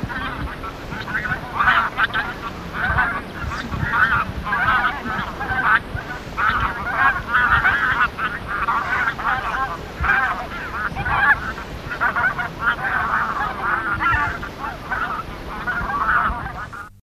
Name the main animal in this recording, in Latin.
Anser albifrons